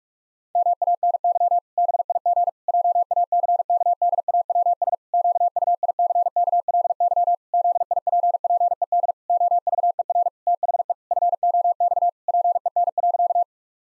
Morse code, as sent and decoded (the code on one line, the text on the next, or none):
-- .- -. -.-- / -... .. --. / .--- .- -.-. -.- -.. .- .-- ... / --.- ..- .. -.-. -.- .-.. -.-- / --.. .. .--. .--. . -.. / --- ...- . .-. / - .... . / ..-. --- -..- / .--. . -. .-.-.-
MANY BIG JACKDAWS QUICKLY ZIPPED OVER THE FOX PEN.